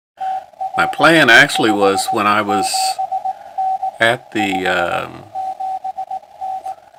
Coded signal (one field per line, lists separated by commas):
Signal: Morse code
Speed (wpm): 18 wpm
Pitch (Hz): 760 Hz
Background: speech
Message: TR 57N 57N